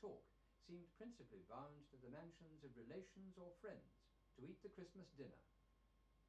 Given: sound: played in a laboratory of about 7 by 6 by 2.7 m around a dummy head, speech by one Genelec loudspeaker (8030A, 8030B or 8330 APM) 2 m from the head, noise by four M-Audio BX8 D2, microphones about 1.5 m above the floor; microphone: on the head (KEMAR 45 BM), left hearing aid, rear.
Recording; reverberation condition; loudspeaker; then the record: male speech in English; low; 60 degrees to the right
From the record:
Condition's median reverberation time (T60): about 310 ms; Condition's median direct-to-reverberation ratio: about 3.5 dB